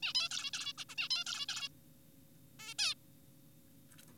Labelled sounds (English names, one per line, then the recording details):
Zebra Finch
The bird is an adult
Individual g4p5U